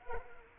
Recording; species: mosquito wingbeat signal from an infrared sensor; Culex quinquefasciatus